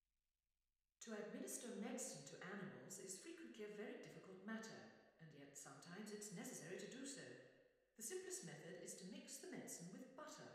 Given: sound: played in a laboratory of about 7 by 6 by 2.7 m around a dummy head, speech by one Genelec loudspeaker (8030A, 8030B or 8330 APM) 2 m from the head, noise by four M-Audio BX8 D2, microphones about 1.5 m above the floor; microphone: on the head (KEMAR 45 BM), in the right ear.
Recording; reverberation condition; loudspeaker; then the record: female speech in English; high; 120 degrees to the right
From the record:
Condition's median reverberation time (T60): about 1300 ms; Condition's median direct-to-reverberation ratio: about -4.0 dB